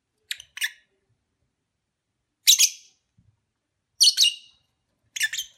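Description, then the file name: Lovebird calls as sharp, high chirps, a quick pair first, then single and double bursts every second or two. Lovebird sounds recorded during a mating ritual. "suara ritual kawin lovebird omkicau"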